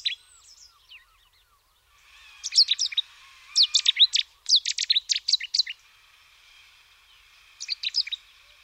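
Cetti's warbler gives abrupt rattling bursts of loud high notes, three strong outbursts in close succession, then a shorter quieter burst after a pause.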